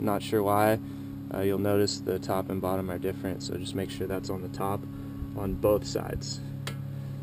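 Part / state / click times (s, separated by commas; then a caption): brake pad abutment clip into the caliper bracket / seated / 6.7 s. On a 2012 Scion tC, a metal brake pad abutment clip is pressed onto the top of the caliper bracket while someone talks over a steady low hum. A short sharp click at 6.7 s marks the clip seating into place on the bracket.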